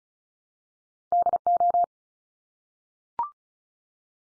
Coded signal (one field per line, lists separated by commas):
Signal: Morse code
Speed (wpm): 34 wpm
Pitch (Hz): 700 Hz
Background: none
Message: DO